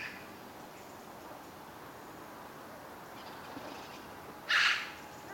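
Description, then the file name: Eurasian magpie giving one brief harsh, rasping note near the end, after several seconds of quiet background noise. "Pica pica"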